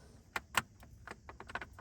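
A plastic air vent is pressed into the new plastic dash kit bezel of a 2019 Toyota Tacoma during a CarPlay installation, giving two sharp snaps at 0.4 s and 0.6 s as it seats. Softer plastic clicks and rattles follow through the rest of the clip, and the vent ends up snapped firmly in place.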